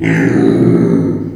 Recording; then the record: squeal of a Yucatan mini pig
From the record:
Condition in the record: before surgery on the right vocal fold (resection and tissue-engineered implant); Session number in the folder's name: 3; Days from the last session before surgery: 0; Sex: female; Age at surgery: 19 weeks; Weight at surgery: 25 kg